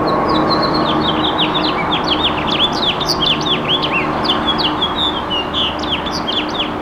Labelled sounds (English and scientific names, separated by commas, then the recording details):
House Finch (Haemorhous mexicanus) song
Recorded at Babylon on Long Island, New York, on 18 May 2013
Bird F